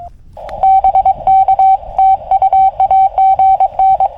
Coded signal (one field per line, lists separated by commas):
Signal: Morse code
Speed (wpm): 23 wpm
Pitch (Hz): 770 Hz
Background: radio noise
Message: BK TU AGN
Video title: 荒波QSBの中での山岳移動運用/ FT-818ND QRP / Riding the QSB on 40m CW at Komagamine